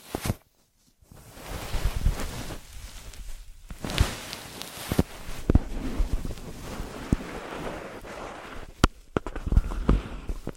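Ear massage and cleaning sounds: dense, scratchy rubbing and rustling runs almost without pause after a brief silence near the start. Sharp clicks and taps cut through irregularly, clustering around four seconds and again near nine, over a low rumbling thump.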